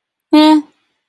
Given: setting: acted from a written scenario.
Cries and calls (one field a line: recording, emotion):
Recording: vocal sound without words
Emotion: neutral